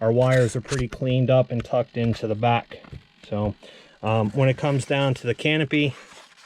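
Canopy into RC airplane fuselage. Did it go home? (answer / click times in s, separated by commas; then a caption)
no / none. Someone talks throughout while handling the foam and plastic canopy of a Dynam B-26 Marauder RC model airplane, whose wires are tucked into the back of the fuselage. The canopy is meant to press onto the fuselage until its latch locks, but no distinct click is heard. Nothing has seated or clicked yet.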